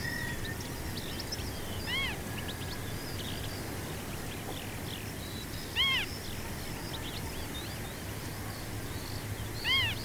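Marsh harrier with three arched mewing calls roughly four seconds apart, behind a lively background of small songbirds.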